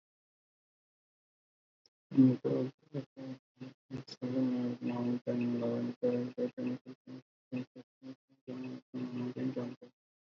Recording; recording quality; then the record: counting at a fast pace; poor, much background noise or distortion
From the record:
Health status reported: healthy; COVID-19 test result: negative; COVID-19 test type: rapid antigen test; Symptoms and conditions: cough, fatigue, diarrhoea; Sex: male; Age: 25 years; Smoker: no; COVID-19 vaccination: both doses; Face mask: worn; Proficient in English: yes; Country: India